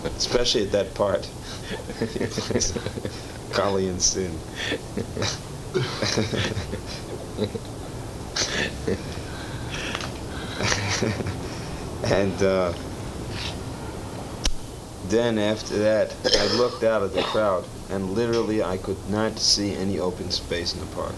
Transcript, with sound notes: Especially at that part, Kali and Sin. [laughter] And then after that I looked out at the crowd, and literally I could not see any open space in the park.